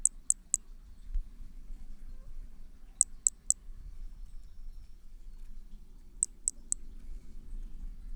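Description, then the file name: Hermogenes' flea-toad giving bursts of three rapid, piercing high chirps, repeated roughly every three seconds, over a quiet low rumble. Recorded at Picinguaba on 13 December 2017; individual 2. "MHNCI B hermogenesi Picinguaba ind 2 ex 2 tudo 05 cm 13 dez 2017 MRB"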